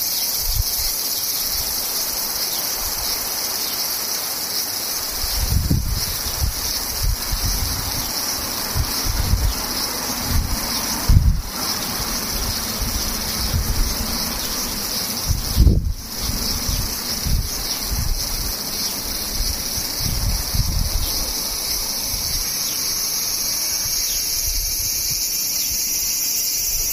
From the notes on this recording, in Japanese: セミ